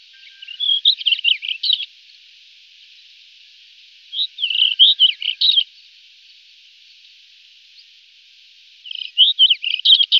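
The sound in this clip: White-crowned wheatear repeating short warbling phrases of chirps and whistles roughly every four to five seconds, three bursts in all, with a light steady hiss.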